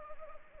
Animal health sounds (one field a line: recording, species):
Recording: mosquito wingbeat signal from an infrared sensor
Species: Anopheles arabiensis